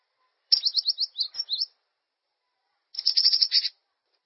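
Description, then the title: Bird song with a quick run of high, sharply slurred notes lasting over a second, then a pause and a second dense, scratchy high phrase. "LuckyPassaro"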